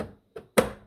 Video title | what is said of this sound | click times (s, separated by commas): MERCEDES A250 l W177 BATTERY REMOVAL & REPLACEMENT l FULL PROCEDURE l DIY | and then you'll hear the click, and you know that is properly mounted in its location. | 0.6 s